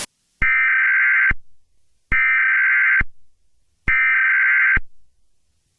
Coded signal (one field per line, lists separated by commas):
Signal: Emergency Alert System (SAME) tones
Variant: header bursts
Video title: EAS Scenario #22: Mickey Error 1 The Next Chapter